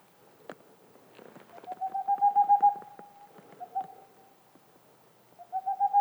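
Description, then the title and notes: Boreal owl song: quick bursts of soft, even hoots on one pitch, with faint clicks and a quiet pause between bursts. Singing male near a black woodpecker nest hole, in the mountains near the Mediterranean, 2 April 2019, 20:15, evening; homemade parabolic dish, two omni microphones, MixPre 3 recorder. "Une chouette pas si boréale. 02 avril 2019-20h15-en montagne. la Tengmalm boréale ( Aegolius funereus) , pas si boréale que cela car nous sommes aux portes de la méditerranée"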